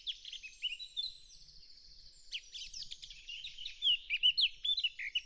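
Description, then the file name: Eurasian blackcap song, a busy scratchy warble that builds into louder, clear fluted notes near the end. "Sylvia atricapilla"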